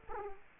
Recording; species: mosquito wingbeat signal from an infrared sensor; Culex quinquefasciatus